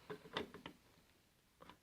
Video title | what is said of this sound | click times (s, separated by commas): Southwire® In-Use Covers | and it snaps right in | 0.4 s, 0.7 s